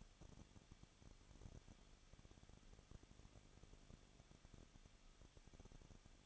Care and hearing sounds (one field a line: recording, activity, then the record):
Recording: daily activity, microphone in the room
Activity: no activity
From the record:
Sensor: 4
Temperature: 23.1 degrees Celsius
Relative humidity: 34.1%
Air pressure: 1007.2 hPa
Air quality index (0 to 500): 217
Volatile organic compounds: 15 ppm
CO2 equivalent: 2508 ppm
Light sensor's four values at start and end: 2/3/1/1 and 2/3/1/1